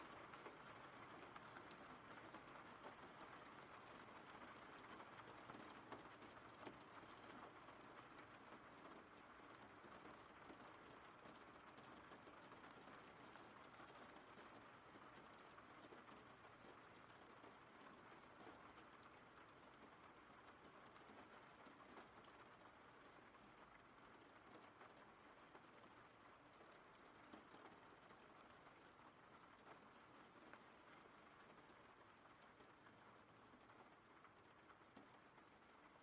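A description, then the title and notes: Rain falls in a steady, dense hiss that holds level for the whole clip. Countless fine drops patter together, strongest through the middle range with a soft low rumble beneath, and the overall loudness eases only slightly toward the end. RAIN SOUNDS.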